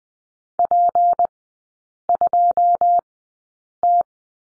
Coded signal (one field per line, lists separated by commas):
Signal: Morse code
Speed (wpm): 20 wpm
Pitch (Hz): 700 Hz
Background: none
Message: P2T